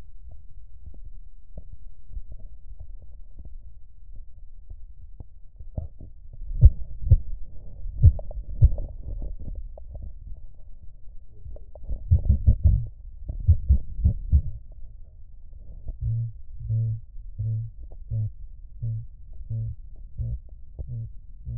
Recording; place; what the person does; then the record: lung sounds by stethoscope; right posterior basal chest; quiet breathing, then cough and speech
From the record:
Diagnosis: none (healthy); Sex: male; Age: 23 years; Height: 185 cm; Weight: 93 kg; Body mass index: 27.2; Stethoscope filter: extended mode